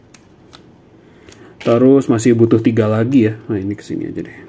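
Plastic building-brick parts are pressed onto a LEGO Star Wars 75271 Luke Skywalker's Landspeeder model, first on one side and then the opposite side, to lock other components so they don't fall off. Short, sharp snaps are heard at about 0.2, 0.6 and 1.3 seconds as the bricks seat. Someone then talks from about 1.6 seconds onward.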